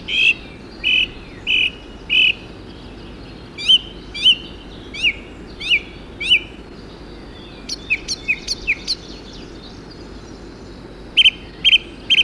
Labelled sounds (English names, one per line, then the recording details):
Song Thrush song
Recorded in the wild
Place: Sapareva Banya, Rila-Gebirge, Sofia, BG
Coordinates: 42.29, 23.269
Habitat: Montains
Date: 1974-05-20
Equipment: Nagra III BH, Sennheiser MD 21, parabola
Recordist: Schubert, Michael